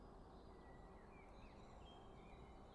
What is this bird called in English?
Common Blackbird